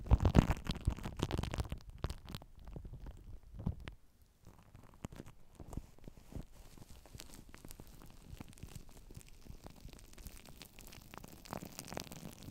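Shaving gel squelches and fizzes, with thick wet squishing bursts in the first two seconds. After a brief near-silence around four seconds, a soft, steady crackle of popping foam continues, broken by occasional sharper clicks and small squishy spurts.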